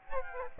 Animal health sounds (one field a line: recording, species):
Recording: mosquito wingbeat signal from an infrared sensor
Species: Aedes aegypti